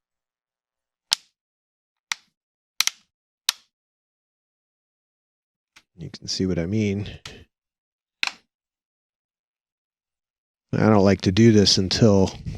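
Pressing around the edge of a laptop so its plastic tabs grab the bottom cover gives a series of loud, sharp snaps at 1.1, 2.1, 2.8 and 3.5 seconds. Someone talks from about 6 to 7 seconds and again from about 10.8 seconds, with another sharp snap near 8.2 seconds. The tabs snap in and the bottom cover is seated.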